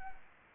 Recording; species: mosquito wingbeat signal from an infrared sensor; Culex quinquefasciatus